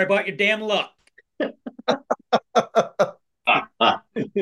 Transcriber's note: laughing